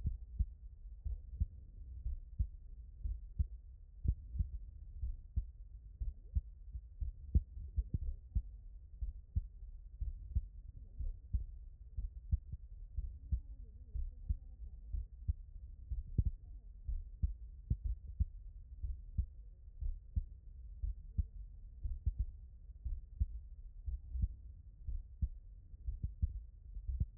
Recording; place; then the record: heart sounds by stethoscope; tricuspid valve (TV)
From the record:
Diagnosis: non-HFrEF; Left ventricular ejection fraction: 65%